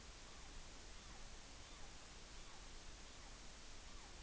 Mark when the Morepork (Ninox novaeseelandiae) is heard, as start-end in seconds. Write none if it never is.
0.17-0.52, 0.80-1.24, 1.56-1.91, 2.31-2.63, 3.00-3.38, 3.80-4.11